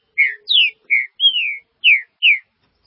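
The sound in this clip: Green-winged saltator song: six rich whistled notes, mostly falling slurs, with one longer drawn-out whistle in the middle.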